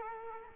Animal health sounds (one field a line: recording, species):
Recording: mosquito wingbeat signal from an infrared sensor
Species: Culex quinquefasciatus